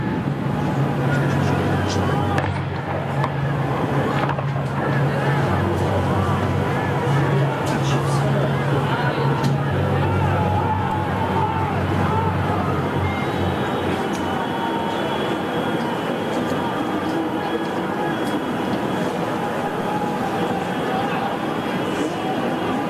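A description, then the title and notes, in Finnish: Sounds recorded at an ongoing protest in Belarus: a steady, dense wash of crowd voices and murmuring speech runs throughout, with no pauses. A low engine-like hum sits underneath, strongest in the first ten seconds, and a few brief knocks occur around three and five seconds. Kaikki projektin äänet ovat aitoja, dokumentaarisia ääniä, jotka on nauhoitettu Valkovenäjällä meneillään olevissa mielenosoituksissa.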